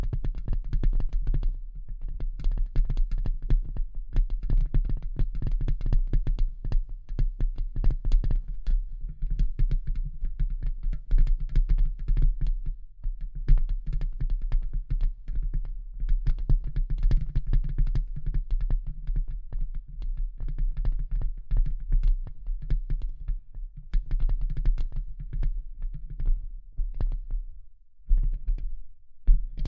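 Dense, irregular tapping and scratching clicks run throughout over a steady low hum, thinning out briefly near the end before resuming.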